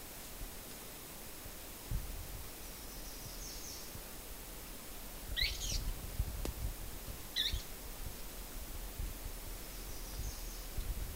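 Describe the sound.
Bird calls: two brief, bright chirps several seconds apart, each sweeping through a high band, over a low steady background hiss.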